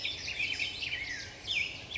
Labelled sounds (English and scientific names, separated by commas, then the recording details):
Black-headed Grosbeak (Pheucticus melanocephalus)
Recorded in Sonoma County, California